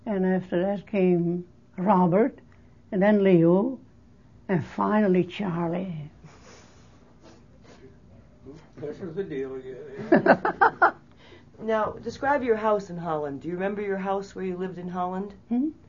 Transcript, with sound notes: And after that came Robert, and then Leo. And finally Charlie.
(laugh) Now, describe your house in Holland. Do you remember your house where you lived in Holland?
Mmm.